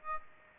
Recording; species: mosquito wingbeat signal from an infrared sensor; Aedes aegypti